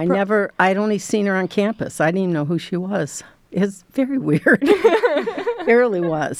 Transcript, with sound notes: I never. I'd only seen her on campus. I didn't even know who she was. It was very weird [LAUGHTER] It really was.